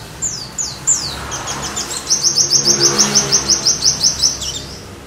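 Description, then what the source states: White-eye song: a few sharp, high downslurred whistles, then a fast, even series of bright chipping notes. Pleci song with canary fill-in (isian kenari), used for tutoring (masteran).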